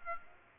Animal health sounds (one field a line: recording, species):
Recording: mosquito wingbeat signal from an infrared sensor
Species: Aedes aegypti